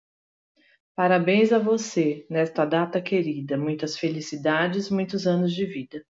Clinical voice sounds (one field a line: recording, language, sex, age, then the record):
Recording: short text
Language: Brazilian Portuguese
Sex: female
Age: 50 to 59 years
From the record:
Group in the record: control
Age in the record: 53 years